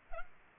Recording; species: mosquito wingbeat signal from an infrared sensor; Culex pipiens